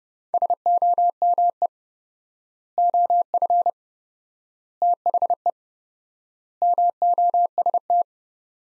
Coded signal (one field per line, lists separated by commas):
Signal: Morse code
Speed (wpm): 30 wpm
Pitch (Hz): 700 Hz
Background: none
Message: SOME OF THE MOST